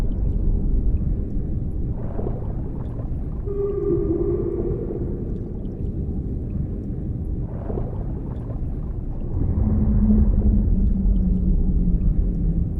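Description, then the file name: Whale moans, a mid-pitched tonal call with a higher overtone around four seconds, then lower sustained hums near ten seconds, amid steady deep underwater rumble. "Mpooman Whale Sounds"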